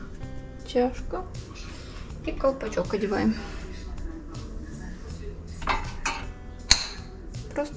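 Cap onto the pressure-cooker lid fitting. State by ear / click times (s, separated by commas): seated / 6.7 s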